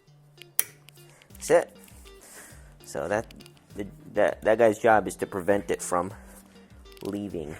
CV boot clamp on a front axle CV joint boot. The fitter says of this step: on how I want them and then once they're over you just you just click it and pushing clicks push it until it clicks